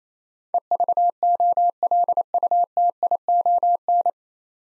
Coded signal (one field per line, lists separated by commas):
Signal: Morse code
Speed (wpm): 28 wpm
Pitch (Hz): 700 Hz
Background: none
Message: EVOLUTION